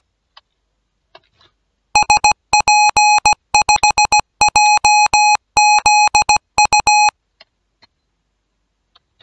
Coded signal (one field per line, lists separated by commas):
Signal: Morse code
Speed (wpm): 17 wpm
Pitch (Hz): 840 Hz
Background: music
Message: SP5JZU